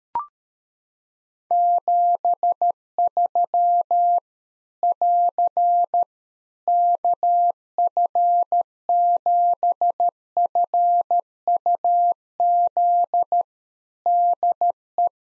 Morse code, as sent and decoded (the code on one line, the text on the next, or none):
--... ...-- / .-.-. / -.- ..-. --... ..-. ..- --.. / -.. .
73 <AR> KF7FUZ DE